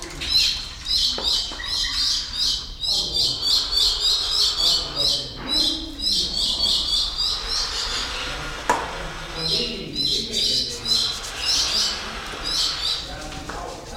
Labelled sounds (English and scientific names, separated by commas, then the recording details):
Spotted Thick-knee (Burhinus capensis) hissing
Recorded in captivity
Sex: pair
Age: adult
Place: Zoo Berlin, Berlin, DE
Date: 1993-01-30 11:20
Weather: -6° C, sonnig
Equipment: Marantz CP 430, Sennheiser ME 80, Kopie Uher Variocord 263
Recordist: Tembrock, Günter